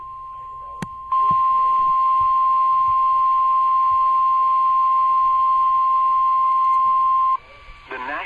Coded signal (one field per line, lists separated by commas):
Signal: Emergency Alert System (SAME) tones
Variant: 1050 Hz attention tone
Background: speech